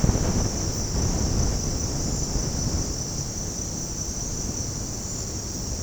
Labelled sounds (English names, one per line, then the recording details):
none
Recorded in secondary vegetation near Puerto Asís, Putumayo, Colombia, on 21 February 2024 at 07:00
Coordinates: 0.489, -76.322
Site G6419